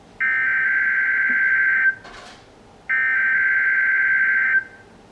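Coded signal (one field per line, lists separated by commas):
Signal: Emergency Alert System (SAME) tones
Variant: header bursts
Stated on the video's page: Required weekly test received on weather radios RadioShack Pro-82, WR-120 and 74-109; a GPX A380 failed to alert.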